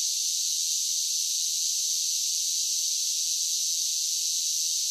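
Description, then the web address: Cicada chorus, many insects blending into one even, shrill buzzing drone that holds constant from start to finish. A large group of cicadas singing in a steady drone. "Blast Wave 5 1 5 1 SSFX Cicadas Sing. animal cicadas large group steady drone insects bugs"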